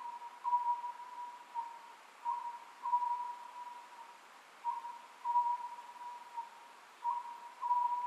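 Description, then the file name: Oriental scops owl giving repeated short hooted phrases at a steady pace, with a steady faint tone and hiss underneath. Recorded 27 May 2010 at 23:35. "konohazuku-20100527-2335"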